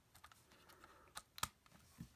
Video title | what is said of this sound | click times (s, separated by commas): Time Bokan 24 Bokan Brace Review | you'll hear a little click and then you turn it around | 1.4 s